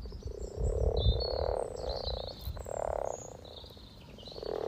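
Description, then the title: Frogs croaking in overlapping purring bursts, with birds singing high above and some low thumping noise near the start. About 20 frogs in a sunny garden pond, some floating, some on fresh frogspawn, chorusing to welcome arriving females; Freshfield, Formby, Merseyside, UK; sunny St Patrick's Day, 17 March 2023, spring, lunchtime. "Frog Chorus Spring sounds first Lunch outside St Patrick’s day 17 March 2023 . Freshfield, Formby"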